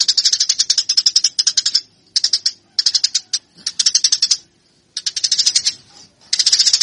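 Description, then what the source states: Eurasian tree sparrow fighting call in choppy bursts of fast, high chirps, separated by short irregular silences. Fighting (tarung) sparrow sound used to train birds; Indonesian name burung gereja.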